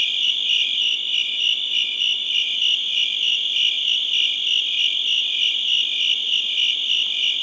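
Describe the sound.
Cricket chorus with repeated pulsing chirps over a steady shrill background ring.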